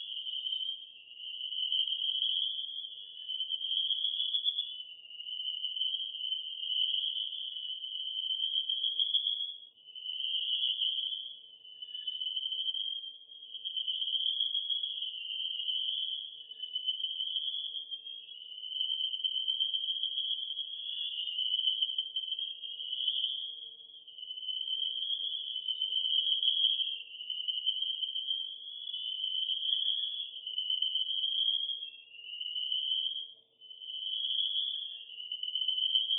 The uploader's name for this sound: Night Sounds - Crickets